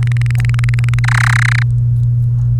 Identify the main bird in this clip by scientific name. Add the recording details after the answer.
Serinus canaria. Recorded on 29 April 2018 at 14:32. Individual llb3